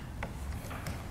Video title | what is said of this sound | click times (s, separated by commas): etrailer - Thule WingBar Evo Crossbars Installation - 2016 Volvo XC90 | And once you hear that clicking, you know that you've got it torqued down just fine. | 0.2 s